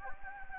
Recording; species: mosquito wingbeat signal from an infrared sensor; Anopheles gambiae